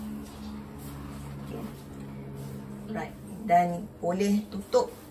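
A Hotpoint front-loading washing machine door is being handled toward its latch while someone talks over a steady low hum. The door has not latched shut yet; nothing has seated or clicked by the end of the clip.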